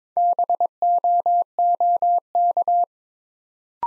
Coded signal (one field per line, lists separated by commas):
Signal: Morse code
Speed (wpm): 22 wpm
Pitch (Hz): 700 Hz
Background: none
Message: BOOK